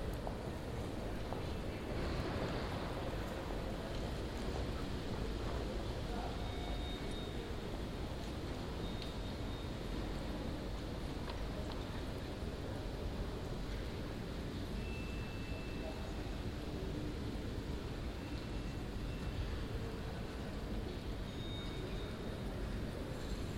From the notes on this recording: Recording made in the Atrium of the The Hague City Hall at the end of the working day.